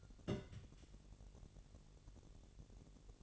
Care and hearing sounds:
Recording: daily activity, microphone in the room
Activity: place on stove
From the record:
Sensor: 4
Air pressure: 1002.8 hPa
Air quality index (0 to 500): 240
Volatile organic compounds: 10 ppm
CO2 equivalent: 2250 ppm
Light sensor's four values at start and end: 7/16/6/6 and 7/16/6/6

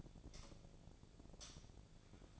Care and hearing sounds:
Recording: daily activity, microphone in the room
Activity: light off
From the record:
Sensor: 5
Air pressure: 1009.9 hPa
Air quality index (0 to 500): 159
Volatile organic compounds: 4 ppm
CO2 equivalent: 1548 ppm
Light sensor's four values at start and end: 177/450/187/201 and 177/448/186/200

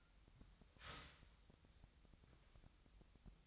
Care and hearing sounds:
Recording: daily activity, microphone in the room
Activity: start toaster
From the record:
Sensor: 3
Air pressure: 1001.9 hPa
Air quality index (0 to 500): 245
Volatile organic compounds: 49 ppm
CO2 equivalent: 3281 ppm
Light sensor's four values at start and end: 13/40/17/15 and 13/40/17/15

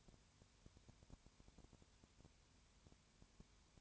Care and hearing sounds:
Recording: daily activity, microphone in the room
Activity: no activity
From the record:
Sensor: 2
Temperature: 20.3 degrees Celsius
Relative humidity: 33.8%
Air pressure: 1003.1 hPa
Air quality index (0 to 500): 82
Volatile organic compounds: 1 ppm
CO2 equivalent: 786 ppm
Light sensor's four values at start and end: 2/3/2/2 and 2/3/2/2

